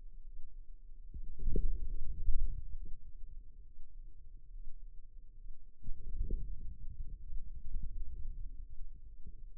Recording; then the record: forearm muscle sounds (acoustic myography)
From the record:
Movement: inward rotation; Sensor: system 2, bracelet of six BSWA MPA416 microphones around the upper forearm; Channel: 6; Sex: male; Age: 22 years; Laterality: right